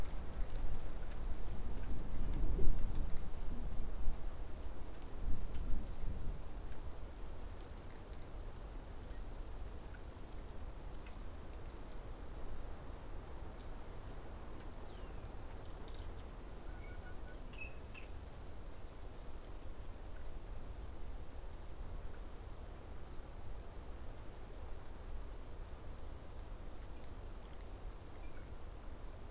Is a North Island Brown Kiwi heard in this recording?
no